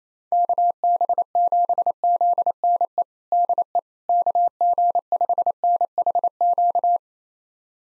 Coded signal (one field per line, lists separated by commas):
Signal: Morse code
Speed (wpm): 28 wpm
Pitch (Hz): 700 Hz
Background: none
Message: KB7ZNE DE KG5NHQ